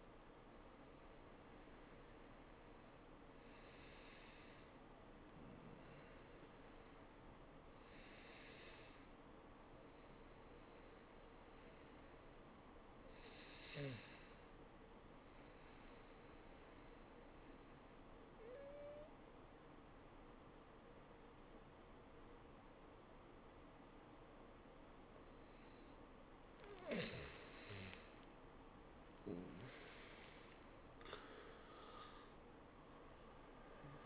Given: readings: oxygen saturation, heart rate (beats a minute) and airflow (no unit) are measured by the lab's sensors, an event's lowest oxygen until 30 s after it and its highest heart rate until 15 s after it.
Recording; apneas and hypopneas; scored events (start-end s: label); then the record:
breathing in sleep by a voice recorder at the bedside; 1
16.00-28.00 s: hypopnea (N1, oxygen 93% highest, then 82% lowest, heart rate 90 at the start, 91 highest)
From the record:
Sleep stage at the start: N1 (lightest sleep); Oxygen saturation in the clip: 84 to 93%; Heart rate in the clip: 78 to 96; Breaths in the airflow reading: 6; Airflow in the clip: -15.3 to 12.4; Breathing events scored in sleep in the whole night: 403 in 5.5 hours asleep